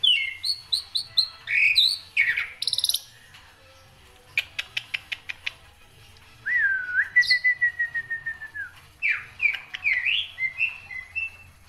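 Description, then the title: Black-winged myna song: chattering whistled notes, a fast run of sharp clicks, then a long flat whistle sliding down, followed by warbling phrases. Songbird singing densely with many variations, used as tutor song for training other songbirds. "Kicauan Rapat Jalak Putih Gacor Banyak Variasi Untuk Masteran"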